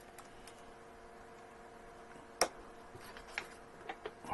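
A side armour panel of a Hachette Batmobile Tumbler scale model car is lined up on two posts on the body and pushed into place. Against a quiet background, a single sharp click at 2.4 s marks the panel seating onto the posts, followed by a few fainter ticks.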